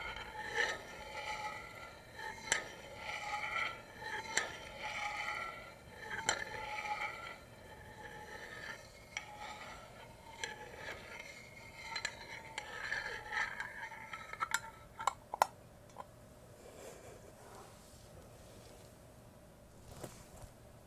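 Ear-to-ear tapping, scratching and brushing, with sharp taps and bright scratchy bursts early on, thinning to sparse clicks and quieter brushing later.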